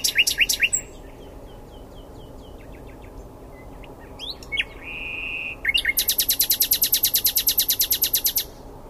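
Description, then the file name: Common nightingale song: a fast opening rattle, soft clicking notes, a steady level whistle, then a long, very rapid series of repeated buzzy notes lasting almost three seconds. "Luscinia megarhynchos"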